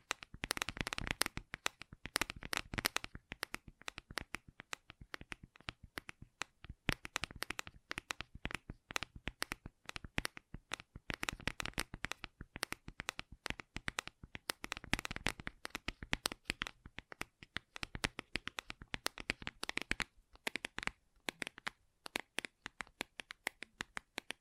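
Gentle tapping goes on throughout in quick, uneven runs of light clicks, often bunched into brief flurries with short pauses between them. Each tap is sharp and crisp. The pace stays fairly steady, thinning slightly toward the end.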